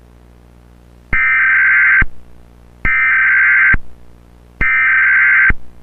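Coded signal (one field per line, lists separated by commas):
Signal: Emergency Alert System (SAME) tones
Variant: header bursts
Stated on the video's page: Mock Amber Alert for all of Texas with valid tones, plus an added NWS tone and an Amber Alert siren used in Dallas.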